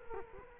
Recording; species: mosquito wingbeat signal from an infrared sensor; Culex quinquefasciatus